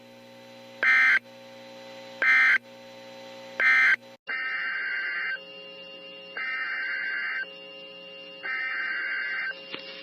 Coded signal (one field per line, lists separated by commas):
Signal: Emergency Alert System (SAME) tones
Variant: header bursts